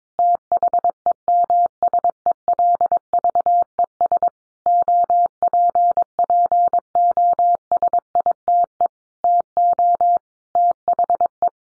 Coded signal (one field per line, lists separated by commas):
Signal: Morse code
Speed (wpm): 22 wpm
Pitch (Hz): 700 Hz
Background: none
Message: THEMSELVES OPPOSITE TO THE